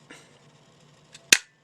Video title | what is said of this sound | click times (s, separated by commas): UA-937 Magnum Repair | push down till it snaps make sure it's good | 1.3 s